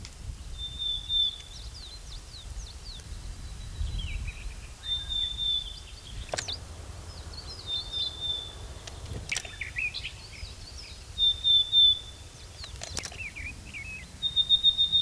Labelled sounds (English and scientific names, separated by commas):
Willow Tit (Poecile montanus)